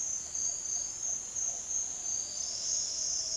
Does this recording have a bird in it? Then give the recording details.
no. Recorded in secondary vegetation near Puerto Asís, Putumayo, Colombia, on 22 June 2025 at 08:30. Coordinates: 0.499, -76.323. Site G077